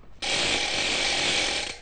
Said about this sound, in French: La crécelle.